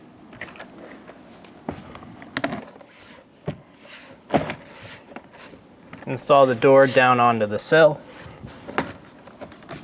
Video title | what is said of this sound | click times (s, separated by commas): How to Replace Rear Impact Airbag Sensors 2014-2018 Chevrolet Silverado 1500 | push the clip on until you hear it click in | 2.4 s